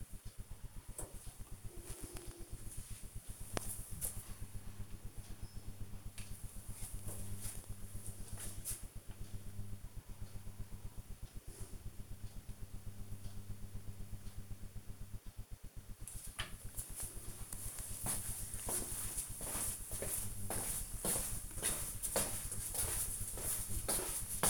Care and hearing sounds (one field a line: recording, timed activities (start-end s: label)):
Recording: household activities, microphone on the right wrist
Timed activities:
none